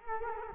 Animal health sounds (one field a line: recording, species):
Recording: mosquito wingbeat signal from an infrared sensor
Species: Culex quinquefasciatus